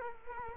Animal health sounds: mosquito wingbeat signal from an infrared sensor; Culex quinquefasciatus

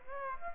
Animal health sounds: mosquito wingbeat signal from an infrared sensor; Aedes aegypti

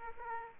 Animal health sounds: mosquito wingbeat signal from an infrared sensor; Aedes aegypti

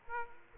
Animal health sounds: mosquito wingbeat signal from an infrared sensor; Aedes aegypti

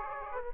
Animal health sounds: mosquito wingbeat signal from an infrared sensor; Aedes aegypti

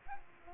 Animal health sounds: mosquito wingbeat signal from an infrared sensor; Aedes albopictus

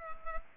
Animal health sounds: mosquito wingbeat signal from an infrared sensor; Culex pipiens

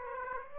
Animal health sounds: mosquito wingbeat signal from an infrared sensor; Aedes aegypti

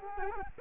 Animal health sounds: mosquito wingbeat signal from an infrared sensor; Culex quinquefasciatus

